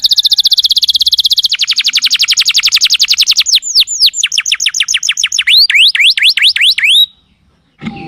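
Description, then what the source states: Lovebird calls: a fast, even string of buzzy rising chirps, then slower looping whistled notes, ending abruptly. Lovebird calls used to lure lovebirds.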